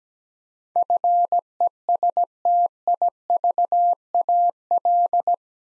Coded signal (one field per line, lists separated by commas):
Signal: Morse code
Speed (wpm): 17 wpm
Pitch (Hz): 700 Hz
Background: none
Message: FESTIVAL